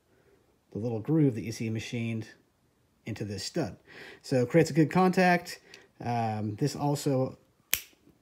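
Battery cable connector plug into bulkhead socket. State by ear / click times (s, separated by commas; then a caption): seated / 7.7 s. Someone talks as the two halves of a quick-release Radlock bulkhead connector for a high-current battery cable are pushed back together over the machined, grooved stud, plugging into the bulkhead socket. A sharp, bright click is heard at 7.7 s as it locks, and the connector is seated.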